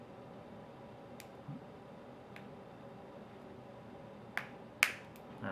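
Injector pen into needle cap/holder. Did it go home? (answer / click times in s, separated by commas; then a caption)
yes / 4.4 s, 4.8 s. An injector pen is pushed into its needle holder or cap and seats with sharp, snap-like clicks at 4.4 s and 4.8 s, the second one louder. Fainter ticks at 1.2 s and 2.4 s come before them over a steady low background hiss. The pen is held close to the microphone so the click can be heard before it is turned clockwise to tighten and remove the needle.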